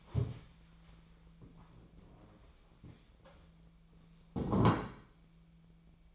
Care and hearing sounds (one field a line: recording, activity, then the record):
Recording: daily activity, microphone in the room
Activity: stand up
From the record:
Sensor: 1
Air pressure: 1000.4 hPa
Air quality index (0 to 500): 179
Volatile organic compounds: 4 ppm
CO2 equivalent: 1657 ppm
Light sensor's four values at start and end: 12/29/12/14 and 12/29/12/14